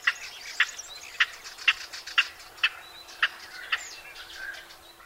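Barbary partridge, sharp clipped notes repeated roughly twice a second in an uneven series.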